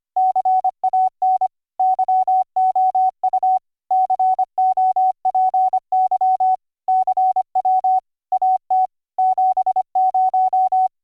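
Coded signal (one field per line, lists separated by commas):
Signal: Morse code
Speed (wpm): 25 wpm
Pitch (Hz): 750 Hz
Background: none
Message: CAN YOU COPY CW AT 70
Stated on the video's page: Morse audio played by logging software, routed through virtual audio cables with a resampling script to fix dropped audio buffers.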